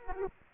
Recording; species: mosquito wingbeat signal from an infrared sensor; Aedes aegypti